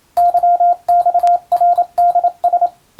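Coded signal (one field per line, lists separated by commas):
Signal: Morse code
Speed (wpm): 27 wpm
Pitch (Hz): 700 Hz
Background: radio noise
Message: YXRDS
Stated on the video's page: Marine radiotelegraph telegram sending practice for the Japanese radio operator licence exam's Morse practical, also for amateur receiving training.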